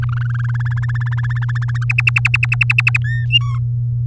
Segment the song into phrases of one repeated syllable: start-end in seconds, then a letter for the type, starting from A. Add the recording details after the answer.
0.02-0.51 A, 0.54-1.84 B, 1.89-2.97 C, 3.04-3.25 D, 3.30-3.59 E. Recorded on 7 May 2018 at 16:56. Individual llb16